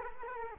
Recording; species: mosquito wingbeat signal from an infrared sensor; Culex quinquefasciatus